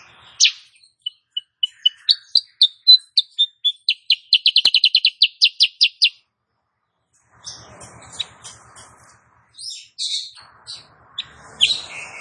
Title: Masteran Kutilang Sutra KUTILANG SUTRA BETINA GACOR bikin Cucak Kurincang ikutan GACOR